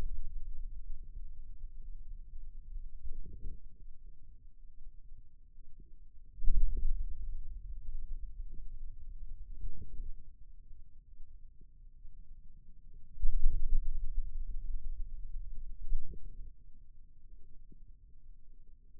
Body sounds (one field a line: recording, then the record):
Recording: forearm muscle sounds (acoustic myography)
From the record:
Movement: wrist extension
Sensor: system 2, bracelet of six BSWA MPA416 microphones around the upper forearm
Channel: 1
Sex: male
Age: 22 years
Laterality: right